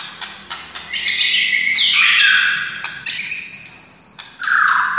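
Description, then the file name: White-rumped shama song: dense mix of sweeping whistles and scratchy high notes, ending in a loud lower whistle. Wild white-rumped shama, described as a forest bird in its original natural voice. "suara murai hutan asli"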